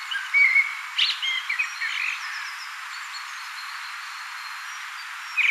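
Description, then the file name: Common blackbird song: one rich, fluty warbled phrase that breaks into squeaky high notes, followed by a long pause and the start of another phrase. "Turdus merula"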